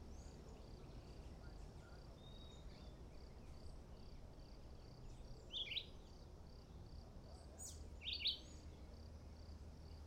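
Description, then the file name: Red-eyed vireo gives two short, quick whistled phrases a few seconds apart against continuous insect buzzing and low ambient noise. Recorded at Nazaré, dated 21-09-13. "Juruviara Vireo olivaceus. Nazare Pta"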